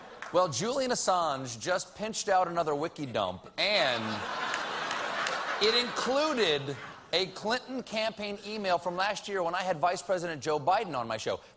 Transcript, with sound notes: Well, Julian Assange just pinched out another Wiki dump.
(LAUGHTER)
And it included a Clinton campaign email from last year when I had Vice President Joe Biden on my show.